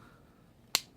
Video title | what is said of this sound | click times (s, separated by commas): How to install GY6 Brake Shoe Anchor Pin SSP-G 180cc POWER KIT Part #2 | we go snaps okay | 0.8 s